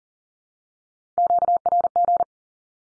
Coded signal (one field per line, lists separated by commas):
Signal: Morse code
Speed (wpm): 40 wpm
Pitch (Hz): 700 Hz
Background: none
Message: QRG